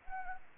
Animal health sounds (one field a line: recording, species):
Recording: mosquito wingbeat signal from an infrared sensor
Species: Anopheles arabiensis